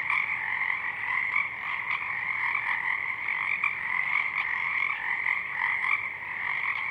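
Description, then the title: Dense Pacific chorus frog chorus: overlapping creaky croaks from many frogs, steady and unbroken. Chorus of many frogs at dusk, already out in full bloom; downmixed to stereo from a double mid-side recording; frogs highlighted in a separate parabolic track are heard mainly in the left channel. "Pacific Chorus Frogs (Pseudacris regilla), dusk"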